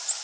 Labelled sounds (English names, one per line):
Orange-crowned Warbler flight call